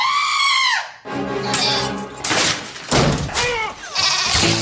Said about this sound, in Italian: Doritos, nachos al formaggio, avete sentito la capra? Beh, è una storia alquanto agghiacciante, perché c'è questa capra che mangia i Doritos e quando si accorge che il padrone, spaventato dalla mancanza di questi Doritos, li nasconde